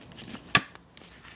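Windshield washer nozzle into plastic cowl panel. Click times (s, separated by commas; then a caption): 0.6 s. A windshield washer nozzle is pushed into its opening in an ABS plastic cowl panel for a 1999–2004 Mustang. It snaps into position with one sharp, bright click at 0.6 s. A few faint ticks and low handling noise come before and after the click.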